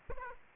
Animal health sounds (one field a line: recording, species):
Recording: mosquito wingbeat signal from an infrared sensor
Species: Aedes aegypti